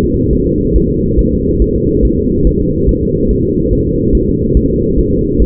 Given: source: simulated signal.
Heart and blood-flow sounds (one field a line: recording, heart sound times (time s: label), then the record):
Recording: fetal heart sounds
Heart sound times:
0.04 s: S2
0.33 s: S1
0.47 s: S2
0.76 s: S1
0.90 s: S2
1.19 s: S1
1.33 s: S2
1.62 s: S1
1.76 s: S2
2.05 s: S1
2.19 s: S2
2.47 s: S1
2.61 s: S2
2.89 s: S1
3.03 s: S2
3.31 s: S1
3.45 s: S2
3.73 s: S1
3.87 s: S2
4.15 s: S1
4.29 s: S2
4.57 s: S1
4.71 s: S2
4.99 s: S1
5.13 s: S2
5.42 s: S1
From the record:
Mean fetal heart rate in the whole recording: 140 bpm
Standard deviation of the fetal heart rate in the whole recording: 2 bpm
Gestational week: 34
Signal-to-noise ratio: -14.7 dB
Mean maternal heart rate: 72 bpm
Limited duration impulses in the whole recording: present